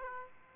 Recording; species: mosquito wingbeat signal from an infrared sensor; Aedes aegypti